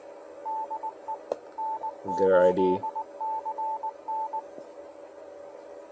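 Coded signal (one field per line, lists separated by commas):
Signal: Morse code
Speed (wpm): 19 wpm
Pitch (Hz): 880 Hz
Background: speech, radio noise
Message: DE N8CN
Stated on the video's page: CW ID of a Yaesu DR-1X repeater with fixed pitch and a "DE" prefix.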